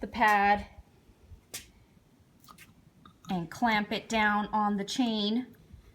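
A greased front pad is handled and clamped down onto the chain of a VE2Plus2 floor edger while someone talks. A few faint, brief clicks and handling noises come at about 2.4, 2.5 and 3.1 seconds between the speech. The pad has not seated or popped into place yet.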